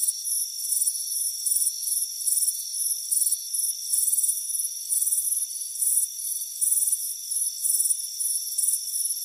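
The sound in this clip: Crickets chirping, bright pulses repeating quickly over a continuous high-pitched background whine.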